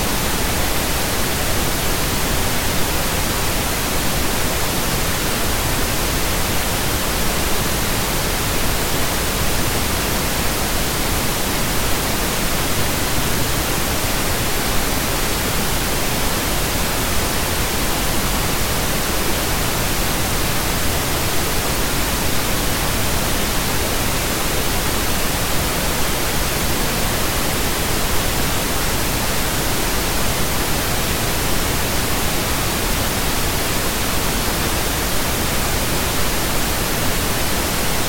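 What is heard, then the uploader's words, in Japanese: Pink noise plays steadily for the whole clip, a dense, even hiss with no events or changes in level. The sound is full and smooth, weighted a little toward the lower, softer end rather than sharp and bright, with nothing else audible behind it. ピンクノイズ。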